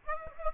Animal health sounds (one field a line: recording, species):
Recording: mosquito wingbeat signal from an infrared sensor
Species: Aedes aegypti